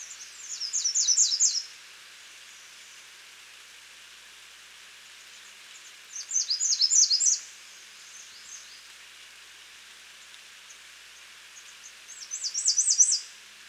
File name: Setophaga ruticilla - American Redstart